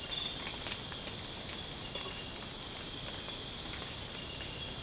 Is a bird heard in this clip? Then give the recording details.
no. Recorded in secondary vegetation near Puerto Asís, Putumayo, Colombia, on 12 March 2025 at 05:00. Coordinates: 0.485, -76.322. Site G040